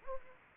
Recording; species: mosquito wingbeat signal from an infrared sensor; Anopheles gambiae